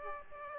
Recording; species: mosquito wingbeat signal from an infrared sensor; Aedes aegypti